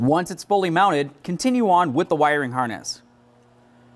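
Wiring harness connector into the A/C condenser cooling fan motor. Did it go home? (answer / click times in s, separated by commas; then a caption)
no / none. Someone talks while the wiring harness connector for the A/C condenser cooling fan motor of a 2004–2015 Nissan Titan is handled, ready to be pressed into its plastic socket. The speech stops around 3.0 seconds, leaving only a faint steady low hum. Nothing has seated or clicked yet.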